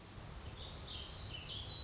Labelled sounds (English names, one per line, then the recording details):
Warbling Vireo
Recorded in Sonoma County, California